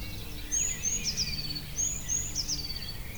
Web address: Holiday 2001 in France Auquainville - more birds